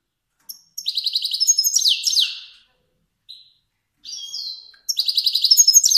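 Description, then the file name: Finch song: a rattling trill ending in descending sweeps, a short pause with soft notes, then the trill resumes. Kermani finch. "sound finch kermani long"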